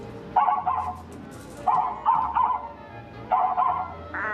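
A dog gives three bursts of short, mid-pitched barks, the middle burst a quick double, spaced out with pauses over a low steady background rumble.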